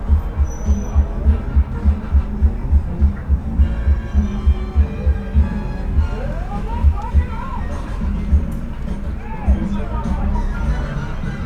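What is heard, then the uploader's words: A small, lively street party: a steady thump of music beats regularly about twice a second under overlapping voices and chatter. Around the middle, rising and falling calls and a few whoops cut through the crowd babble. Surrounding a small vivacious street party, the only other thing left to hear in a few hours listen was the ominous quiet of the status quo.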